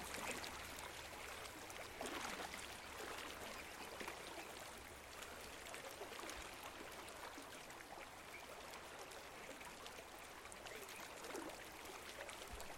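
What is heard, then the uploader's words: Pond ambience made of a steady, dense wash of soft trickling and fizzing water sounds, bright and textured with many tiny crackles throughout. A faint low hum runs underneath, and the level stays nearly even for the whole stretch. Tranquil pond ambience.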